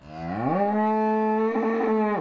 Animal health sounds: contact call of a hoofed animal; cattle; low-frequency (closed-mouth) or high-frequency (open-mouth) call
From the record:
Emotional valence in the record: negative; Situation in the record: full separation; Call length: 2.3 s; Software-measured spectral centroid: 940 Hz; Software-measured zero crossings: 1300 a second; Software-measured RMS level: -24 dBFS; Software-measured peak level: -12 dBFS

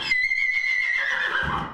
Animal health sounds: contact call of a hoofed animal; horse; whinny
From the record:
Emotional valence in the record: negative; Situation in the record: group separation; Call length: 1.73 s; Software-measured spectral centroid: 2290 Hz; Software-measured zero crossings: 3860 a second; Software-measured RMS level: -24 dBFS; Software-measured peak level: -12 dBFS

